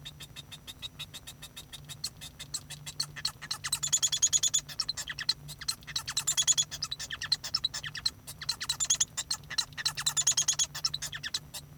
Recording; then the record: song of a male Bengalese finch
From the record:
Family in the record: son of father 1